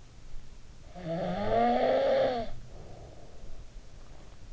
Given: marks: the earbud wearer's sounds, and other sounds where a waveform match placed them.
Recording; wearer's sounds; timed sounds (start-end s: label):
sounds in sleep by an in-ear microphone; snoring breath
0.71-3.97 s: snoring breath